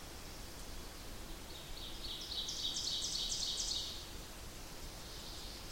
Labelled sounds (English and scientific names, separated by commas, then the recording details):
Ovenbird (Seiurus aurocapilla) song
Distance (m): 55 m
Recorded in boreal forest in Alberta, Canada, on 8 June 2016 at 06:58
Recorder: SongMeter 3, array SBT-3-9
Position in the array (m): 47 m, 103 m
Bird 33